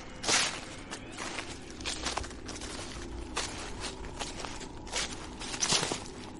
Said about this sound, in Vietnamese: Ở bên ngoài cánh cửa vang lên tiếng loạt xoạt, tiếng người dẫm lên đám lá khô. Rõ ràng là rõ lắm, làm cho đại ca Long nheo mắt lại lắng nghe.